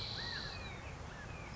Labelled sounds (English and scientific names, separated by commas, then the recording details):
California Quail (Callipepla californica)
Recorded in Sonoma County, California